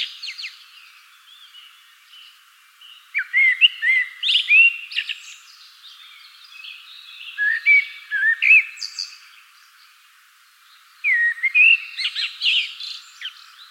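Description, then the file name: Common blackbird song: three separate phrases of fluty notes and higher twittering, with quieter gaps between. "Turdus merula"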